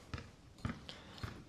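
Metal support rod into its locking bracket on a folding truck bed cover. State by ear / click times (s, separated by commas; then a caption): seated / 0.9 s. A metal support rod holding a folded BakFlip MX4 hard tonneau cover upright on a truck bed is loosened and pushed down into its locking bracket. Low knocks at about 0.1, 0.7 and 1.2 seconds surround a sharp click at 0.9 seconds as the rod locks in place.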